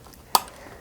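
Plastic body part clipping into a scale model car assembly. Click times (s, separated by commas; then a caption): 0.4 s. A plastic part of a 1/8 scale Oracle Red Bull RB19 F1 model car is pressed into its clip point in the middle of the assembly. After a quiet start with a faint tick, a single sharp, bright snap rings out at 0.35 s and quickly fades. The part clips home and is seated.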